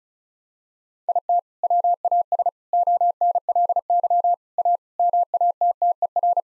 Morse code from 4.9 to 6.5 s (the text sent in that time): MATTER